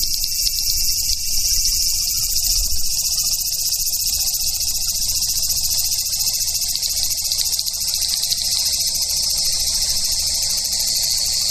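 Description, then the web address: Large brown cicada song, a continuous sizzling high-pitched drone that holds steady throughout, with faint low rumble underneath. "sikioto insect aburazemi"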